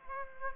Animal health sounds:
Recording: mosquito wingbeat signal from an infrared sensor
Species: Aedes aegypti

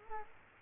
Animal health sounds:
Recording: mosquito wingbeat signal from an infrared sensor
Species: Culex quinquefasciatus

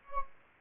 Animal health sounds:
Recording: mosquito wingbeat signal from an infrared sensor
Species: Anopheles gambiae

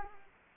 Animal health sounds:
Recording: mosquito wingbeat signal from an infrared sensor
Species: Culex quinquefasciatus

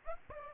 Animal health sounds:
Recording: mosquito wingbeat signal from an infrared sensor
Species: Aedes aegypti

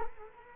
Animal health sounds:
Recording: mosquito wingbeat signal from an infrared sensor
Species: Culex quinquefasciatus

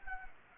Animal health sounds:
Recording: mosquito wingbeat signal from an infrared sensor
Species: Anopheles gambiae

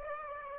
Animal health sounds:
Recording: mosquito wingbeat signal from an infrared sensor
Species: Aedes aegypti

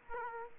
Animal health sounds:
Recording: mosquito wingbeat signal from an infrared sensor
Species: Aedes aegypti

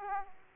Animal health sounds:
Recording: mosquito wingbeat signal from an infrared sensor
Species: Aedes aegypti

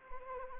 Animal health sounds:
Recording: mosquito wingbeat signal from an infrared sensor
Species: Anopheles arabiensis

